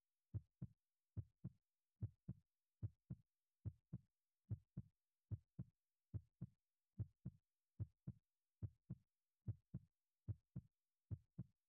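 Steady paired lub-dub heartbeats of an adult heart at about 71 beats a minute, with an even rhythm, in a quiet room.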